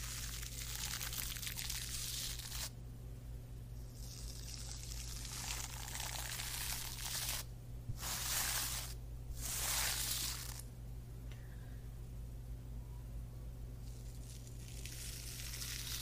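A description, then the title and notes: Scalp massage with bursts of bright hissy rustling, pausing near 3, 7.5 and 9 seconds, over a steady low hum throughout. ASMR Scalp Massage of Dreams.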